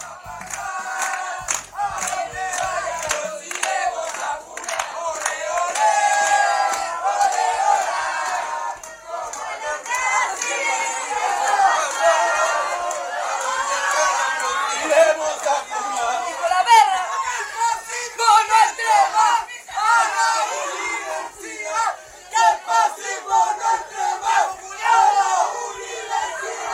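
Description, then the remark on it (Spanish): A loud protest crowd at a university shouts slogans at José Antonio Kast in unison, chanting that fascism should not enter the university again, voices rising and falling in rhythmic chant with continuous overlapping yelling and a few sharp claps or knocks early on. “Que el fascismo no entre más a la universidad. Eso le gritaban ahí a José Antonio Kast, en clara alusión a su pasado político, a su opinión actual, a su posición política actual”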